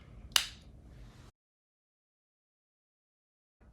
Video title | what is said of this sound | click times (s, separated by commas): The Rear Seat Upgrade Rivian Forgot - Seat Back Attachment System for R1S & R1T | or purses with big chunky hooks and it installs with a satisfying click. | 0.4 s